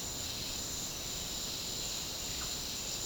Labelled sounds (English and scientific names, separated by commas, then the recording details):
none
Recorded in pastures near Puerto Asís, Putumayo, Colombia, on 29 June 2025 at 09:00
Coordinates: 0.496, -76.326
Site GP01